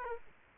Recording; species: mosquito wingbeat signal from an infrared sensor; Aedes aegypti